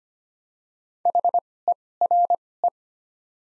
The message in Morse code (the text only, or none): HERE